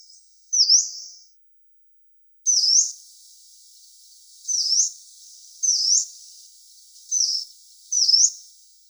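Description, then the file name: Yellow-browed warbler giving six short, high, dipping-then-rising notes, each a thin whistled swoop. "Penochka zarnichka"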